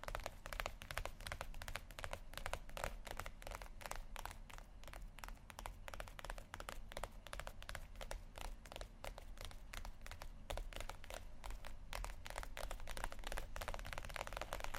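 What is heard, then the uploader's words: Tapping goes on without pause, quick irregular clicks and taps, many per second, each a short sharp tick reaching into the high range. Under it runs a steady low rumble. The pace picks up and grows busier in the final few seconds. ASMR Tapping Only Sleep Time（No Talking）.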